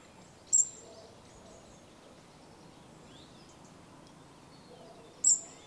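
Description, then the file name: European robin with two piercing high thin calls nearly five seconds apart, faint quiet twitters between, and constant low background rumble. "Erithacus rubecula"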